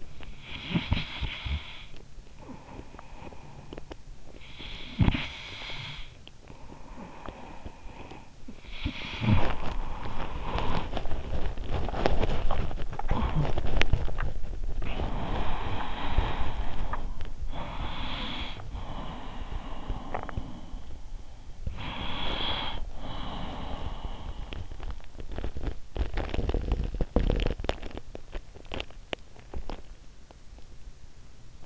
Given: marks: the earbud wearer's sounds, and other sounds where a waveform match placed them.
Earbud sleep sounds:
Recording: sounds in sleep by an in-ear microphone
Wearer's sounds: snoring breath, teeth grinding, swallowing, breath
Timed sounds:
0.36-9.62 s: snoring breath
9.62-14.53 s: teeth grinding
14.53-17.39 s: swallowing
17.39-25.74 s: breath
25.74-29.90 s: teeth grinding

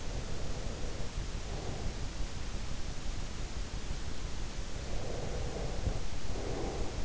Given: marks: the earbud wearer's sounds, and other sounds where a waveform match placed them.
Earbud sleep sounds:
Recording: sounds in sleep by an in-ear microphone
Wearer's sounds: breath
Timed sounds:
0.10-2.18 s: breath
4.92-7.05 s: breath

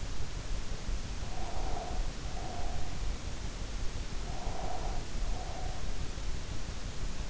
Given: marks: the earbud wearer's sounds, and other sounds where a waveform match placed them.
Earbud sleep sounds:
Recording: sounds in sleep by an in-ear microphone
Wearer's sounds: breath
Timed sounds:
1.23-2.98 s: breath
4.12-5.81 s: breath

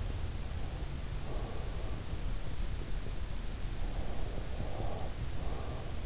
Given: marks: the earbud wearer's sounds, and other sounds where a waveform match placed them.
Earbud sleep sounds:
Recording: sounds in sleep by an in-ear microphone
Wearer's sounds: breath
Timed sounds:
0.10-2.44 s: breath
3.85-6.05 s: breath

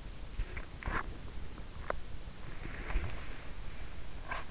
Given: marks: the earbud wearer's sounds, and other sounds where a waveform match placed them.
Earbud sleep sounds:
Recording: sounds in sleep by an in-ear microphone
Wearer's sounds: body movement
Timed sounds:
0.42-4.51 s: body movement

